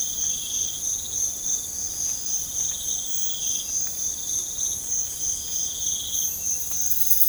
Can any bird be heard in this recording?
no